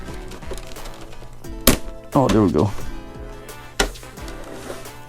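The second corner clip of the plastic top cover on a white PS4 Pro console chassis is pried loose and lets go with a loud, sharp crack at 1.7 s; it took a lot of force and the clip snapped off. Someone talks throughout over quiet background music, and another sharp snap is heard at 3.8 s.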